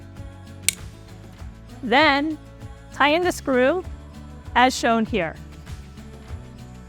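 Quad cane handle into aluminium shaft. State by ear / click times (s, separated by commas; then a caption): seated / 0.7 s. A PELEGON quad cane (300 lb) handle section is pushed onto its aluminium shaft, and a sharp snap at 0.7 s marks the spring push-pin popping through the hole, seating the handle. Music plays in the background and someone talks afterward.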